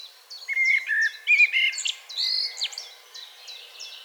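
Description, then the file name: Common blackbird warbling fluty notes with a high squeaky flourish, while another bird repeats short high notes before and after. "Turdus merula"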